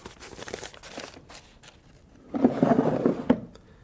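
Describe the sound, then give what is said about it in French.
Light crinkling of a paper petition, followed by a louder wooden scraping as a drawer slides shut for about a second, ending with a soft knock. No voices. “Pas de meilleure place pour cette pétition que le fond de ce tiroir.”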